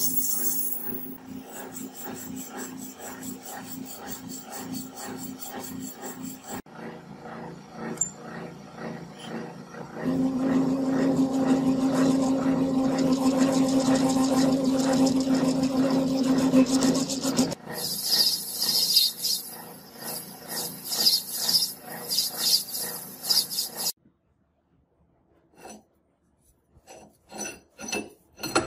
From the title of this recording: Turning Rusty BOLT into a Beautiful Pocket LIGHTER